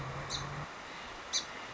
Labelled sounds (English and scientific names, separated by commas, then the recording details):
Song Sparrow (Melospiza melodia)
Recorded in Sonoma County, California